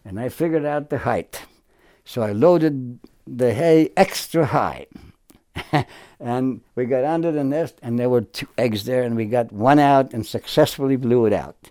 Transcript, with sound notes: And I figured out the height so I loaded the hay extra high. [Chuckles] And we got under the nest and there were two eggs there. And we got one out and successfully blew it out.